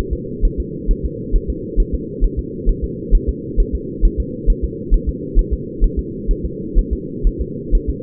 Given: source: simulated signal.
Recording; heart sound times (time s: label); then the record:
fetal heart sounds
0.13 s: S2
0.45 s: S1
0.60 s: S2
0.91 s: S1
1.05 s: S2
1.35 s: S1
1.50 s: S2
1.80 s: S1
1.94 s: S2
2.24 s: S1
2.39 s: S2
2.69 s: S1
2.84 s: S2
3.15 s: S1
3.29 s: S2
3.60 s: S1
3.75 s: S2
4.05 s: S1
4.20 s: S2
4.50 s: S1
4.64 s: S2
4.94 s: S1
5.09 s: S2
5.39 s: S1
5.53 s: S2
5.84 s: S1
5.99 s: S2
6.31 s: S1
6.45 s: S2
6.79 s: S1
6.93 s: S2
7.27 s: S1
7.41 s: S2
7.75 s: S1
7.90 s: S2
From the record:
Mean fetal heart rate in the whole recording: 130 bpm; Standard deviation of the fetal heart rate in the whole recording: 4 bpm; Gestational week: 38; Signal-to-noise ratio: -4.1 dB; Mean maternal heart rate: no maternal heart sound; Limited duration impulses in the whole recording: absent